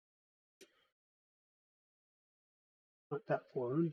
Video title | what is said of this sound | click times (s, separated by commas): Voron 2.4 Build - Part 5 - Electronics Pt 2 | and we move it forward until it clicks | 0.6 s